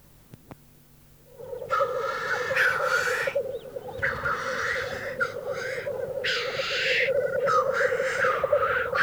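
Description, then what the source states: Black grouse lek song: after a quiet opening second, steady low bubbling begins, broken by repeated loud harsh hisses. Field recording from Finland, released on cassette in 1988 in a countryside birds collection; Finnish name teeri.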